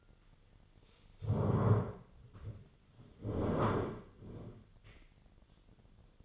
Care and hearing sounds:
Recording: daily activity, microphone in the room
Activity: stand up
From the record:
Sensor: 4

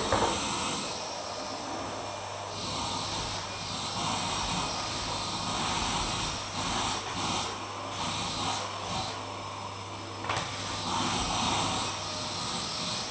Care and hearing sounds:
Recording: daily activity, microphone in the room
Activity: vacuum cleaning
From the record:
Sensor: 1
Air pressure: 999.3 hPa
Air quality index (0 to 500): 206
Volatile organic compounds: 48 ppm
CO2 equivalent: 3262 ppm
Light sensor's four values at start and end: 6/14/6/6 and 8/21/8/9

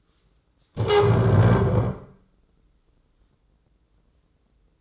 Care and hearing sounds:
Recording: daily activity, microphone in the room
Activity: stand up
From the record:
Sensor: 3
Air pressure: 996.0 hPa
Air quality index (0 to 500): 245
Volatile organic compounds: 1000 ppm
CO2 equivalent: 6253 ppm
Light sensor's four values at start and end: 40/98/43/46 and 38/92/40/43

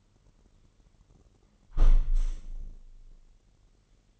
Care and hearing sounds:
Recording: daily activity, microphone in the room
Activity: close window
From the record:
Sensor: 4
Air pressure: 999.4 hPa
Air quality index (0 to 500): 108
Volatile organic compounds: 2 ppm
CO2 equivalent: 1067 ppm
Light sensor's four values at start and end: 13/31/13/14 and 13/31/13/14

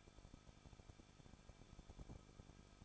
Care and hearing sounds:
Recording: daily activity, microphone in the room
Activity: no activity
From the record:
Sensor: 5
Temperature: 20.8 degrees Celsius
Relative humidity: 38.2%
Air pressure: 1006.6 hPa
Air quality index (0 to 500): 186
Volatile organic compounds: 18 ppm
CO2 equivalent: 2611 ppm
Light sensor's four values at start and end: 2/3/1/1 and 2/3/1/1

